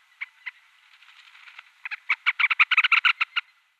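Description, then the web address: Ruddy turnstone calls: a few spaced notes, then a burst of sharp chattering notes. "Schulze Peter Turnstone calls"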